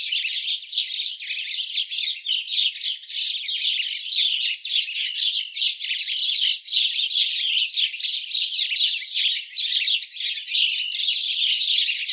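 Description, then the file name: House sparrows chattering in a continuous, dense chorus of overlapping chirps that never pauses for twelve seconds. "Passer domesticus"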